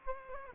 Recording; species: mosquito wingbeat signal from an infrared sensor; Culex quinquefasciatus